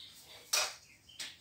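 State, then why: Not seated. A plastic lens hood is handled and fitted onto the 67 mm front of a Sigma 100-400mm telephoto zoom lens. A loud, sharp hard contact sounds at about 0.5 s, followed by a faint tick near 1.1 s and another brighter hit around 1.2 s. Nothing has seated or clicked into place yet.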